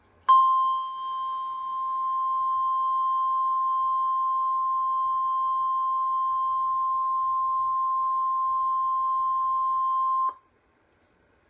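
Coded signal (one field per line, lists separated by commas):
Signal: Emergency Alert System (SAME) tones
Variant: 1050 Hz attention tone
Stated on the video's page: Real EAS alerts (Tornado Watches, Tornado Warning, Flood Warnings, Severe Thunderstorm Warnings) received on NOAA Weather Radio.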